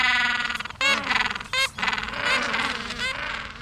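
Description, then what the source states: Gentoo penguin calls: harsh honking notes with rich harmonics in several bursts over a steady, noisy background. Lives in frigid Antarctic waters.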